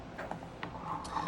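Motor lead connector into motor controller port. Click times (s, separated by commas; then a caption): 0.6 s. A small plastic motor lead connector with keyed tabs is pushed into the slotted port on a motor controller board, snapping into place with a short click at 0.6 s and seating fully. A few faint taps and handling sounds come before it, and a louder knock follows at the end of the clip.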